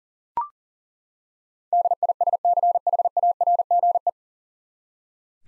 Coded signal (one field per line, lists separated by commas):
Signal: Morse code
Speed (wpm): 40 wpm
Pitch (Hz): 700 Hz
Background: none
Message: DISCHARGE